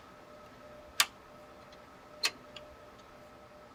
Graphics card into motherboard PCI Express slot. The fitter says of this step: bad by putting a little bit of pressure and you'll hear it click like this.